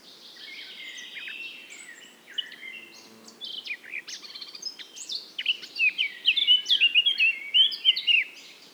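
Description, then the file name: Eurasian blackcap song: a low scratchy warble building into a loud, clear fluting phrase of whistled notes near the end. "Sylvia atricapilla"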